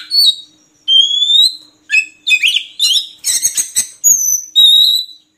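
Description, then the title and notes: Oriental magpie-robin song of long, clear, slightly rising whistled notes alternating with short scratchy and chattering phrases. Kacer song used as isian (filler song for training birds), long-duration recording meant to make birds sing vigorously day and night. "Kacer Jadi Gacor Siang Malam. Isian Kacer Durasi Panjang"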